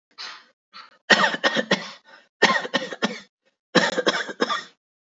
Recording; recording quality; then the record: shallow voluntary cough; excellent, no background noise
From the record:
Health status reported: healthy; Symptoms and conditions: none ticked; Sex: male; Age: 43 years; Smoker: not ticked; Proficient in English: yes